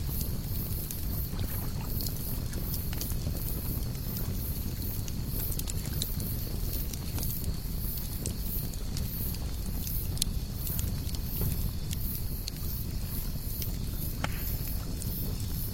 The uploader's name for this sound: fire at the ultimate lakeside camp